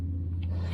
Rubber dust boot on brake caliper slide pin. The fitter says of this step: c'est qui s'est clippé ça